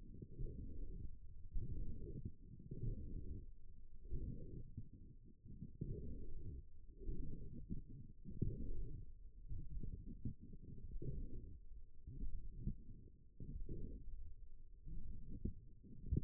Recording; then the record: forearm muscle sounds (acoustic myography)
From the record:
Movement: forearm pronation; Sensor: system 1, eight BSWA MPA416 microphones around the upper forearm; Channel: 4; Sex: female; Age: 21 years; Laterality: right